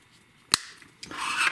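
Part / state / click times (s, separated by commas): mechanical key blade into key fob / seated / 0.5 s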